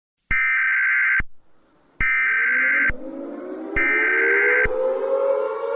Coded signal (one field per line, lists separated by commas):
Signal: Emergency Alert System (SAME) tones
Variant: header bursts